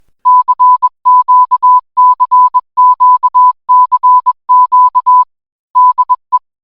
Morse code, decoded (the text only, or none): CQCQCQ DE